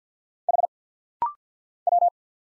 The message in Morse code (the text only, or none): H W